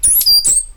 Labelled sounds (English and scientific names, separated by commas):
Stitchbird (Notiomystis cincta) song